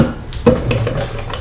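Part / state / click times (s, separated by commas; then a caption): engine component fitting onto a motorcycle engine / not seated / none. An engine part is lined up in its proper spot on a motorcycle engine swap and pushed toward home, with several sharp tapping hits over music playing underneath. The clip ends before the part goes home, and nothing has seated or snapped into place yet.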